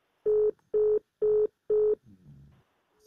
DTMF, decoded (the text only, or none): none